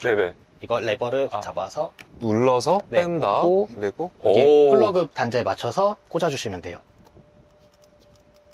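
Someone talks for about seven seconds while an EV charging connector is unhooked from the charger by its lever and lined up with the charging inlet of a Casper Electric. After the talking, only a few faint handling ticks are heard from about 7.1 s to 8.5 s; the plug has not yet seated or clicked.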